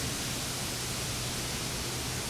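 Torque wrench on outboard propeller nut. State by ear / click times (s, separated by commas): not seated / none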